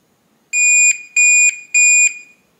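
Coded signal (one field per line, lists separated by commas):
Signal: beep code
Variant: keypad deadbolt lock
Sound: three loud, shrill, evenly spaced electronic beeps, each about a third of a second long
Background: small room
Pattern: 3 long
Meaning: The factory reset is complete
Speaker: once you hear 3 long beeps, the reset is complete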